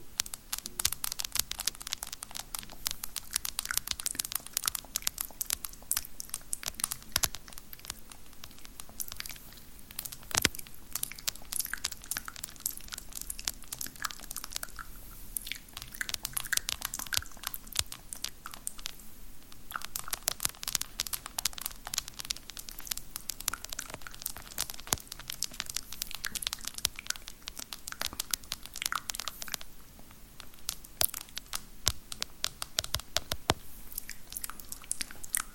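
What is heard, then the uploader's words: Spit painting with long nails and assorted objects: a dense, steady run of crisp clicks, wet mouth sounds and crinkly scratches that continues without pause for the whole stretch. The sounds are bright. ASMR Girl With Long Nails Spit Paints You With Random Objects.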